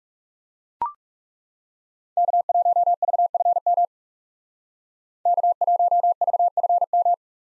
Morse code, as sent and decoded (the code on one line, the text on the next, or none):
-.- .---- ...- ..-. -- / -.- .---- ...- ..-. --
K1VFM K1VFM